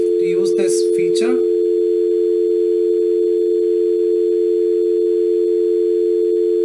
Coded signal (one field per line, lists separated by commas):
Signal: telephone call progress tone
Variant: North America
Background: speech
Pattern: dial tone